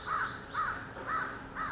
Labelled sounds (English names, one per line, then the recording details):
American Crow
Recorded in Sonoma County, California